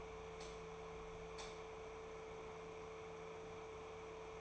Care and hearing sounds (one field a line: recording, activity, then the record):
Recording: daily activity, microphone in the room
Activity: light on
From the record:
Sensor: 1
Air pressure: 1014.8 hPa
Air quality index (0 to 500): 187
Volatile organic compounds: 19 ppm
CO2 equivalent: 2644 ppm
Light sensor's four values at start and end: 35/87/37/45 and 35/94/38/45